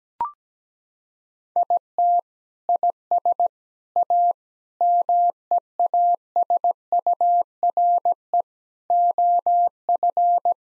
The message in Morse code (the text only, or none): IT IS A MEASURE OF